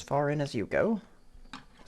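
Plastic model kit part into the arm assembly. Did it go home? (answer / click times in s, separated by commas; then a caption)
partly / 1.5 s. Someone talks as a plastic part of a Gundam PMX-000 Messala model kit is pressed onto the back of the arm assembly. A single sharp tick sounds at 1.5 s, but the part is not pushed in all the way.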